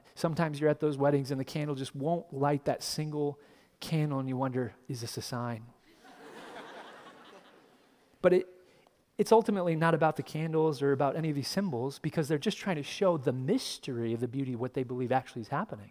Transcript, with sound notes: Sometimes you’re at those weddings and the candles just won’t light that single candle and you wonder, is this a sign? (Laughter!) But it’s ultimately not about the candles or about any of these symbols because they’re just trying to show the mystery of the beauty of what they believe actually is happening.